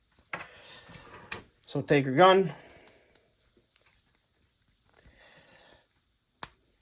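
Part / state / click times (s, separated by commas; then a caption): toy gun accessory into action figure hand / seated / 6.4 s. Someone talks while handling a toy action figure, producing soft tapping and rustling as a plastic gun accessory is pushed into the figure's hand. A single sharp snap at 6.4 s marks the gun popping into place, seated in the hand.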